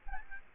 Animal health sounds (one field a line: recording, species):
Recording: mosquito wingbeat signal from an infrared sensor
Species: Aedes albopictus